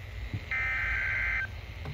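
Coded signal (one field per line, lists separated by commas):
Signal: Emergency Alert System (SAME) tones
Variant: header bursts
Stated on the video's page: Tornado warning received on NOAA Weather Radio.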